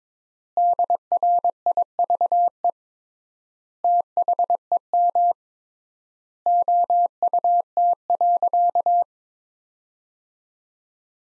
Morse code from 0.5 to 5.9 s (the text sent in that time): DRIVE THEM